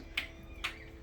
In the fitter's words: you press the safety obstruction you hear the click okay that releases the electronic brake